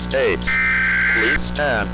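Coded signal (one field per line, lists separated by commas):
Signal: Emergency Alert System (SAME) tones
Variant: header bursts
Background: speech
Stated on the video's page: Fictional EAS scenario.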